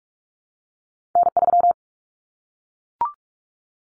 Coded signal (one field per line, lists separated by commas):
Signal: Morse code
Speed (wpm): 44 wpm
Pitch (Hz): 700 Hz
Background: none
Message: N3